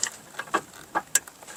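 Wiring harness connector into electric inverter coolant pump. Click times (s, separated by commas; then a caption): 1.2 s. A wiring harness connector is pushed into the replacement electric inverter coolant pump on a Lexus CT200h hybrid car. Several soft plastic ticks from the connector being worked into place are heard near 0.0, 0.4, 0.6 and 1.0 s. A sharper, brighter click comes at 1.2 s as the connector seats.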